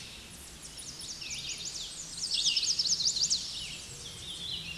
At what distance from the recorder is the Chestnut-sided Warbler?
about 20 m